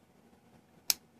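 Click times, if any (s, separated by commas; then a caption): 0.9 s. A folding pocket knife is flipped open, and its blade locks into the open position in the handle. Over a quiet low background, a single sharp, bright snap rings out at 0.9 s and decays quickly. The blade is seated and locked open.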